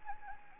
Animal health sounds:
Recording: mosquito wingbeat signal from an infrared sensor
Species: Anopheles gambiae

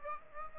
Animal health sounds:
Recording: mosquito wingbeat signal from an infrared sensor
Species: Aedes aegypti

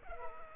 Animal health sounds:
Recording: mosquito wingbeat signal from an infrared sensor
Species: Culex quinquefasciatus

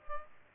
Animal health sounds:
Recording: mosquito wingbeat signal from an infrared sensor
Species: Aedes albopictus

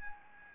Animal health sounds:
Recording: mosquito wingbeat signal from an infrared sensor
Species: Anopheles gambiae

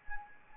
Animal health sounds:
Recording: mosquito wingbeat signal from an infrared sensor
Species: Anopheles arabiensis

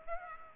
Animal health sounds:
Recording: mosquito wingbeat signal from an infrared sensor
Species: Aedes aegypti

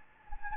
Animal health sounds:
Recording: mosquito wingbeat signal from an infrared sensor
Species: Anopheles gambiae

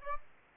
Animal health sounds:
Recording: mosquito wingbeat signal from an infrared sensor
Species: Aedes aegypti

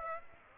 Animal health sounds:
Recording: mosquito wingbeat signal from an infrared sensor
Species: Aedes aegypti

